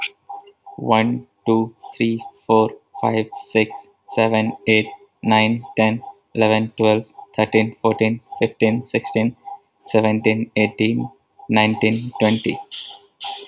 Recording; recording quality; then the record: counting at a normal pace; excellent, no background noise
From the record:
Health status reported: healthy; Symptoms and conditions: hypertension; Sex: male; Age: 30 years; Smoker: not ticked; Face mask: not worn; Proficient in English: yes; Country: India